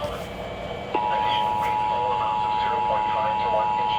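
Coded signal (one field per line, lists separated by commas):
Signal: Emergency Alert System (SAME) tones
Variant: 853 and 960 Hz attention tone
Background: speech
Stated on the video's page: Flash flood warnings and statements captured across many stations.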